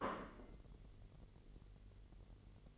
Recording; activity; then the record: daily activity, microphone in the room; place plate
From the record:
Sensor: 4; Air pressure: 1002.9 hPa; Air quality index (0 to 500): 248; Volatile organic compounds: 20 ppm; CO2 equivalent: 2687 ppm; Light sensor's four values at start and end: 5/12/4/5 and 5/12/4/5